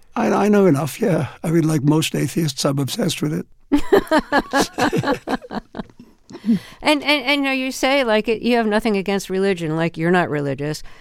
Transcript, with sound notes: I know enough, yeah. I mean, like most atheists, I'm obsessed with it.
(LAUGHTER)
And, now, you say, like, you have nothing against religion. Like you're not religious.